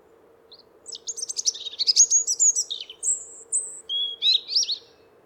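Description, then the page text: European robin singing a long phrase of rapid high twittering, tinkling notes and thin drawn-out whistles, with a faint constant hum underneath. "Голоса живой природы - Зарянка (малиновка)"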